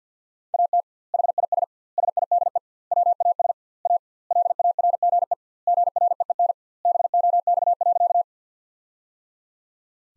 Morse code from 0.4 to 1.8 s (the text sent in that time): AT HIS